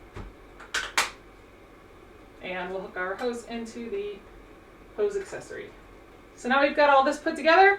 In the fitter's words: That will also just snap into place.